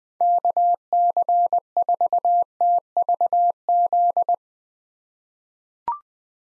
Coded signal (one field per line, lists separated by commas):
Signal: Morse code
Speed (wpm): 20 wpm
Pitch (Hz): 700 Hz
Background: none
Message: KC4TVZ